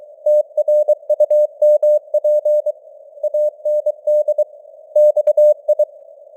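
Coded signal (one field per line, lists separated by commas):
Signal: Morse code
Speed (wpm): 23 wpm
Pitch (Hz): 600 Hz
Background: none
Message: TRUMP AND XI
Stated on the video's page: Simulated Morse news at 23 WPM with artificial radio noise and varying signal strength (QSB).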